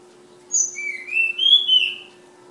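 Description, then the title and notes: Flowerpecker song with a brief very high whistle and a sliding, rising whistled phrase; faint steady hum in the background. Tledekan (Sulingan) from Kudus. "Tledekan/Sulingan ABABIL. Suara Burung Tledekan Ababil dari Kudus"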